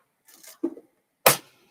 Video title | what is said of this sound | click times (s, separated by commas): The Final Mini Moc March Livestream | there we go oh that that felt like a very satisfying click | 1.3 s